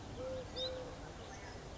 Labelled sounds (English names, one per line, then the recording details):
Eurasian Collared Dove
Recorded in Sonoma County, California